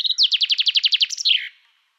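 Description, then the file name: Common chaffinch song fragment: a quick string of sharply falling notes repeated many times, ending in a lower, buzzy downward flourish, then quiet. "Fringilla coelebs"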